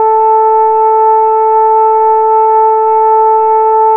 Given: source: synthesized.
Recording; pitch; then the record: sustained vowel; 440 Hz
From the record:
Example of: Parkinson's disease, very light (G2)